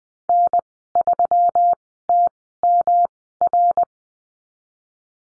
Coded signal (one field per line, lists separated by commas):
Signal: Morse code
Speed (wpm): 20 wpm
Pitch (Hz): 700 Hz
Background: none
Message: N3TMR